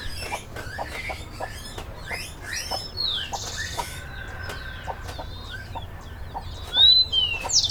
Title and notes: Yanuna_Paisajes. CORRAL DE GALLINAS. residencia "Yanuna de sonidos, Laboratorio de experimentación y creación sonora alrededor de las cocinas tradicionales de Pujilí. " en Pujilí - Ecuador 2019